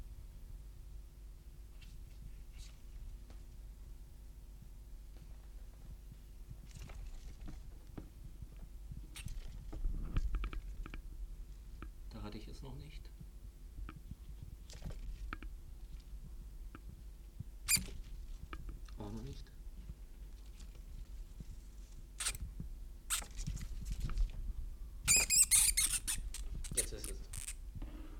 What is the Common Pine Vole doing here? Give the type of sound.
distress call